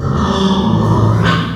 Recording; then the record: squeal of a Yucatan mini pig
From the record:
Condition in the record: after surgery on the right vocal fold (resection and tissue-engineered implant); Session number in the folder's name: 16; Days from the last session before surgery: 183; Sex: female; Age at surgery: 19 weeks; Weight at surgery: 25 kg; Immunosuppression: prednisolone